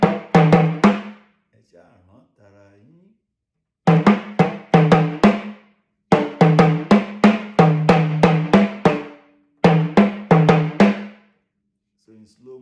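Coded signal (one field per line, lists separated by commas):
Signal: talking drum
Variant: Yoruba sakara drum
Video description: Playing "Akere nran t'ọmọ ẹja l'odo" with the Yoruba Orunsha Sakara talking drum by Jammal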